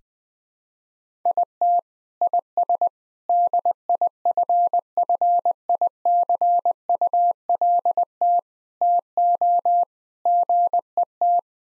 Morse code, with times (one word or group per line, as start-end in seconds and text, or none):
1.3-1.8 IT
2.2-2.9 IS
3.3-8.4 DIFFICULT
8.8-9.8 TO
10.3-11.4 GET